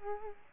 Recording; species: mosquito wingbeat signal from an infrared sensor; Culex quinquefasciatus